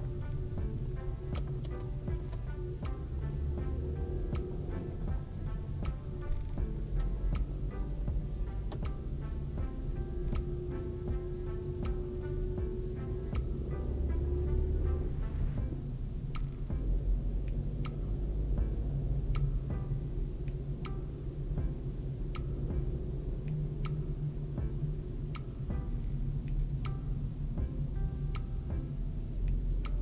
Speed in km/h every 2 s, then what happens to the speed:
14, 15, 19, 17, 20, 24, 26, 29, 28, 32, 36, 36, 37, 32, 26.
0-7 steady at about 15. 7-22 speeds up to 36. 25-27 brakes to 26.